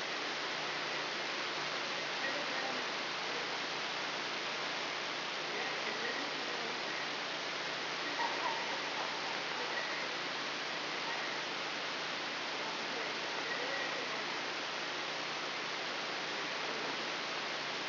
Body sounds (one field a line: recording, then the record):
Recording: brain microelectrode recording played as sound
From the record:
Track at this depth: inside the subthalamic nucleus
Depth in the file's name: 3.908 mm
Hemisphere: left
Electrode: 3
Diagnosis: Parkinson's disease